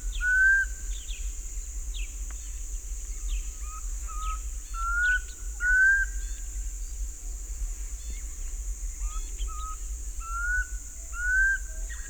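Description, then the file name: Black cuckoo calling in clear whistled rising note series, phrases repeated every few seconds, over soft chirping of other birds and a constant high-pitched insect drone. "Black Cuckoo (Cuculus clamosus)"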